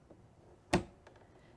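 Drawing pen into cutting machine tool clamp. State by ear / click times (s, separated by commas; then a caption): seated / 0.7 s. A plastic drawing pen is slid into the open tool clamp of a Cricut craft cutting machine, giving one sharp, bright click at 0.7 s, with a few faint ticks before and after. The click means the pen is fully seated in the clamp.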